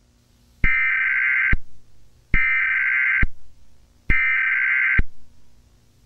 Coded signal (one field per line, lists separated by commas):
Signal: Emergency Alert System (SAME) tones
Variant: header bursts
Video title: Roblox Television Channel using EAS Alarm